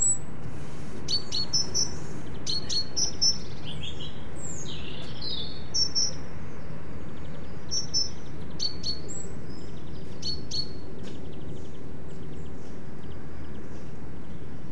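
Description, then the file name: Great tit calls: a busy run of short, high chirps and twittering notes that come in quick bursts through most over a steady low rumble. "Parus major"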